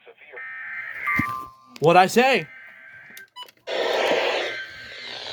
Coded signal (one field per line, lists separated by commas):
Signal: Emergency Alert System (SAME) tones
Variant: header bursts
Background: speech